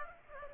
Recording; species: mosquito wingbeat signal from an infrared sensor; Aedes aegypti